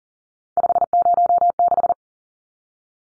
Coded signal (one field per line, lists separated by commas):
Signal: Morse code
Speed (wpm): 40 wpm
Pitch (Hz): 700 Hz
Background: none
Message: 506